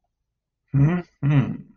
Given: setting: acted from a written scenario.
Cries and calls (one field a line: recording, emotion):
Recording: vocal sound without words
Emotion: desire